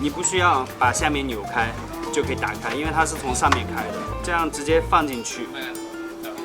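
An Insta360 One R camera module is placed into its original mounting frame, and the frame's top latch is being closed over the camera from above, like an ordinary waterproof housing. Someone talks over music throughout. Nothing has latched or clicked yet.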